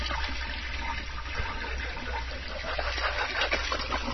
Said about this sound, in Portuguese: Pra que que vão soltar descarga? Logo um descargão, né? Pra que um descargão de fundo?